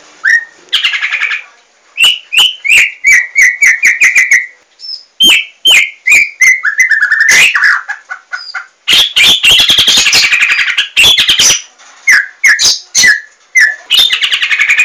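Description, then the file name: White-rumped shama song: rich mix of rising and falling whistles, rapid repeated notes, harsh rattling bursts and crisp clicks, delivered almost without pause. "murai batu larwo"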